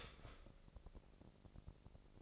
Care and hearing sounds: daily activity, microphone in the room; start toaster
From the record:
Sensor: 5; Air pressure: 1007.2 hPa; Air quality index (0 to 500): 128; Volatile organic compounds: 1 ppm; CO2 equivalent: 971 ppm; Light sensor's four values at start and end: 27/63/26/27 and 27/63/26/27

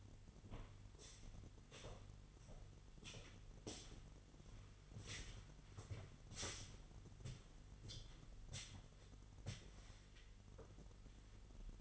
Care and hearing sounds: daily activity, microphone in the room; walk to room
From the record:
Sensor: 4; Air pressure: 989.0 hPa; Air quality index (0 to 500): 203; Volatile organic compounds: 49 ppm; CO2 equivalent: 3280 ppm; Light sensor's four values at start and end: 29/99/37/38 and 29/98/36/38

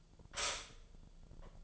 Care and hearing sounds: daily activity, microphone in the room; stop toaster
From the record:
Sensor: 5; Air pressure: 1009.3 hPa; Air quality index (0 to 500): 171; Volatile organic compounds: 4 ppm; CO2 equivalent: 1651 ppm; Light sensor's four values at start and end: 88/234/95/100 and 88/234/95/100

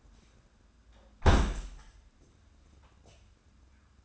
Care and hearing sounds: daily activity, microphone in the room; close window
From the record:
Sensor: 2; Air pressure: 994.3 hPa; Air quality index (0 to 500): 211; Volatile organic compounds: 1000 ppm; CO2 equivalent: 6991 ppm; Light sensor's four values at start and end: 81/190/80/80 and 79/186/77/77

